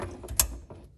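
A black pull-down faucet spray hose is pushed onto its quick-connect fitting on the faucet body, with faint mechanical rattling. One sharp click sounds at 0.4 s as the hose seats in the fitting, framed by softer ticks just before and after.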